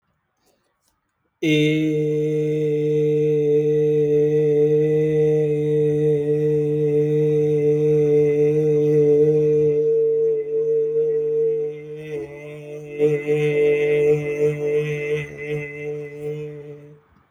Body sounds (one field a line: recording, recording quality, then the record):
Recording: sustained vowel as in made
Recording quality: excellent, no background noise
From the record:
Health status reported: healthy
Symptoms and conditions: none ticked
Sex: male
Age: 32 years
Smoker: not ticked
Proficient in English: yes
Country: India